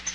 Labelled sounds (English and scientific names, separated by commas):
Palm Warbler (Setophaga palmarum) flight call